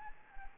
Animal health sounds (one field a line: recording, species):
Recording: mosquito wingbeat signal from an infrared sensor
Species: Anopheles gambiae